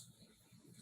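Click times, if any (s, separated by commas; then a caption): none. A removable plastic dental veneer is handled and pressed toward the lower natural teeth, giving only faint, quiet handling noise with low rumble and soft hiss. Nothing has seated or clicked yet.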